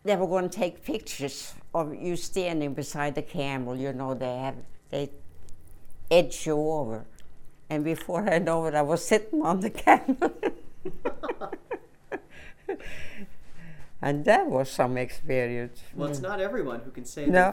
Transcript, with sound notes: they were going to take pictures of you standing beside the camel, you know, they have, they edge you over. And before you know it, I was sitting on the camel. (they laugh) And that was some experience.
Well, it's not everyone who can say that...